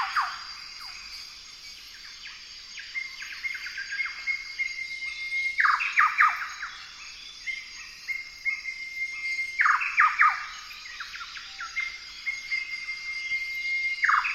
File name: golden whistler bird singing